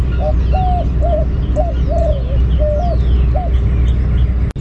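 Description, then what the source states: White-winged dove giving a rhythmic series of several hollow coos, some notes stretched and falling, over constant low background rumble and faint high chirps. Advertising coo of the white-winged dove.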